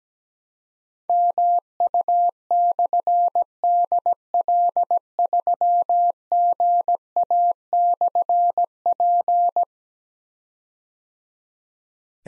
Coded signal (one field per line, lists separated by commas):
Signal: Morse code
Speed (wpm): 17 wpm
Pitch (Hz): 700 Hz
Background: none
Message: MU/DL3GA/P